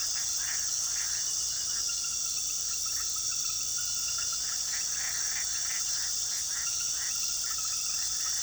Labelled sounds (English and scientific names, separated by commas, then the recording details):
none
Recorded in pastures near Puerto Asís, Putumayo, Colombia, on 20 February 2024 at 23:30
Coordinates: 0.466, -76.323
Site G6384